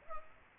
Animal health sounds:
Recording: mosquito wingbeat signal from an infrared sensor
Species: Aedes aegypti

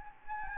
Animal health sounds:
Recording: mosquito wingbeat signal from an infrared sensor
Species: Anopheles gambiae

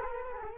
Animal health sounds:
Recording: mosquito wingbeat signal from an infrared sensor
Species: Culex quinquefasciatus

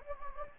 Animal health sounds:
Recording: mosquito wingbeat signal from an infrared sensor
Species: Anopheles gambiae

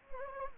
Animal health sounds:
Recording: mosquito wingbeat signal from an infrared sensor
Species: Anopheles gambiae

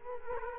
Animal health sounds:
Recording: mosquito wingbeat signal from an infrared sensor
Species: Culex quinquefasciatus

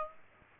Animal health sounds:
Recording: mosquito wingbeat signal from an infrared sensor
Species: Aedes aegypti

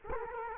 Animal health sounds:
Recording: mosquito wingbeat signal from an infrared sensor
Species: Culex quinquefasciatus

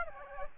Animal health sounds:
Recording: mosquito wingbeat signal from an infrared sensor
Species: Aedes aegypti

